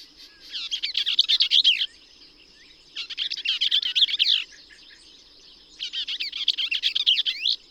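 Bell's vireo singing quick, husky chattering phrases roughly one and a half seconds long, three phrases separated by brief pauses, with a faint constant high hum behind.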